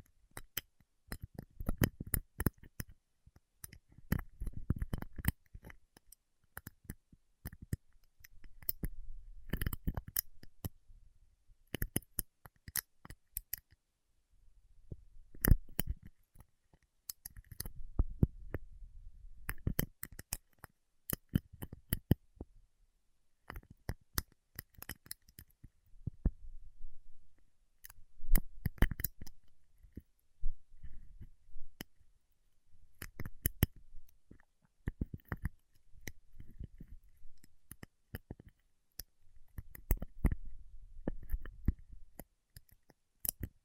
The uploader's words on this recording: ASMR Paraffin Wax Peeling, Tapping and Scratching (No Talking).